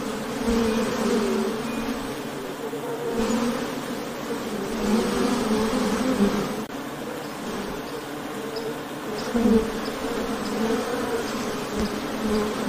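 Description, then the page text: Honey bee wing buzzing, a rich swarming hum with pulsing low bands that rise and fall in loudness over several seconds. Ambient honey bee wing sound, presented as ASMR background sound for work or sleep. "【環境音・ASMR】ミツバチの羽音3分｜ Honey Bees Sound【作業用・睡眠用BGM】"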